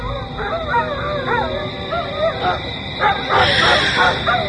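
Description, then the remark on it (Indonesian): A dog standing on the side of a cliff, looking up at a guava tree behind a house, barks repeatedly, its calls rising and falling between whining yelps and sharper bursts toward the end, over a steady high-pitched hiss. “Dari balik jendela itu, kulihat ada seekor anjing yang berdiri di sisi tebing sambil menatap ke atas pohon jambu di belakang rumah ini dan terus menggonggong.”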